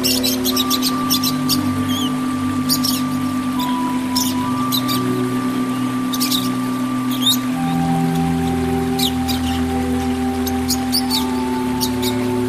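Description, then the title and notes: Oriental magpie-robin singing in rapid high chattering bursts, phrases separated by short pauses, set against constant low humming tones. Song (kicau). "Kicau Kacer. kiccau"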